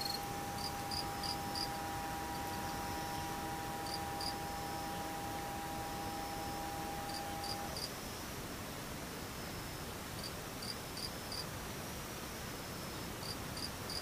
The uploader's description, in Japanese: ムシ